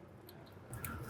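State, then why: Seated. A plastic electrical connector is pushed back onto the auxiliary coolant pump of a low-temperature-circuit water pump on a Mercedes GLC300 (the same job as the 2016–2022 C300, E300 and C43 AMG). After a faint tick at 0.3 s and a brief rustle at 0.7 s, a sharp click sounds at 0.9 s. The connector's latch locks and the connector is seated.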